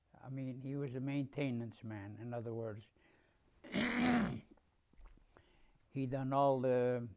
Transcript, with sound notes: I mean he was the maintenance man, in other words. [clears throat] He done all the